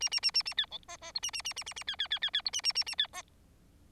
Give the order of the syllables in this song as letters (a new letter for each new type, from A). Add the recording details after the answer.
A A A A A B C D D E A A A A A A B B B B B E A A A A B D. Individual Bird4